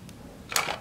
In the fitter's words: going to insert the two top metal bars pushing in that metal button until you hear the click